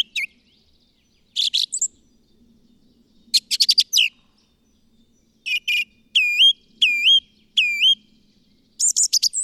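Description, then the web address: Bird song: quick chirp clusters, then three repeated whistled notes dipping and rising, ending in a burst of high notes. "madarak enek"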